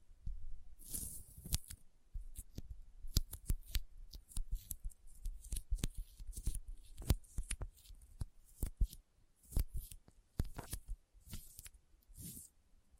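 Sticky fingers pull apart in quick, uneven bursts of sharp clicks and tacky snaps that run through the whole stretch. Some pulls are drawn out into brief crackly hisses, notably near the start and end, with short quiet gaps between clusters.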